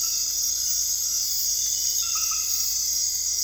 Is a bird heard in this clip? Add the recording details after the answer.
no. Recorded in dense forest near Puerto Asís, Putumayo, Colombia, on 19 February 2024 at 02:00. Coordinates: 0.485, -76.318. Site G6408